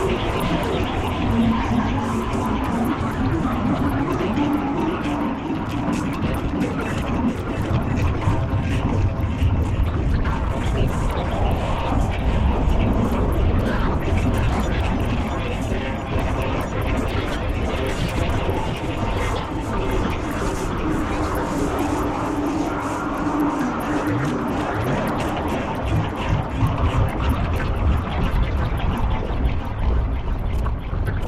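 Sporadic percussive textures of dense little knocks and ticks ride over a steady low rumble, with faint voice-like murmurs throughout.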